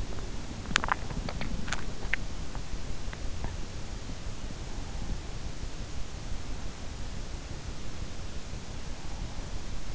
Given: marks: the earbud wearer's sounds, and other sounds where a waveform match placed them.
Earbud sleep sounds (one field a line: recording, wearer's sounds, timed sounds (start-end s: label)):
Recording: sounds in sleep by an in-ear microphone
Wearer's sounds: teeth grinding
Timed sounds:
0.00-2.45 s: teeth grinding